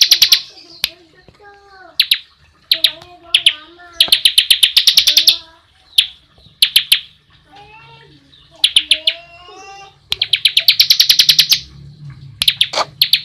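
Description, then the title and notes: Bar-winged prinia bursting into quick, high chattering trills between pauses, with softer, lower whistled phrases in between. Continuous rapid 'ngebren' song style, used as a tutor recording for training white-rumped shamas. "Suara burung ciblek - Suara Nada"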